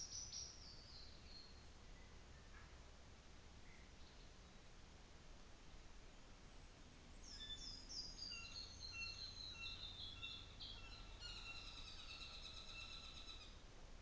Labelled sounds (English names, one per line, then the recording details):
New Zealand Fantail
North Island Saddleback
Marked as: faintness 4/5, faintness 2/5
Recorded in New Zealand on 24 December 2018
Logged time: 17:00